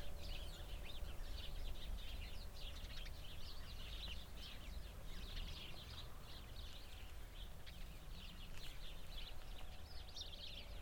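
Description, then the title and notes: Many sparrows chattering together, a constant jumble of high chirps and cheeps, with continuous deep wind noise underneath. Flock in a bush full of sparrows beside a cow pasture, Hupperdange, windy summer morning. "hupperdange, sparrows and cows. Hupperdange - Bird Bush. The sounds of a bush full of sparrows nearby a cow pasture on a windy summer morning. Klangraum Our"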